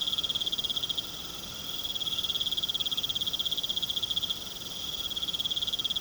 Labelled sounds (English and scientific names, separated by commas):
none